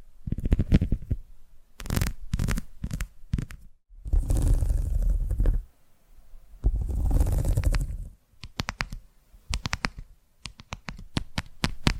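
ASMR tapping comes in quick clusters of sharp, bright taps, with two longer stretches of dense, low rumbling texture around four to six seconds and again near seven to eight. The final seconds return to rapid, crisp taps, some single, some bunched together.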